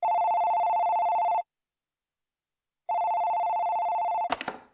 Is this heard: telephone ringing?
yes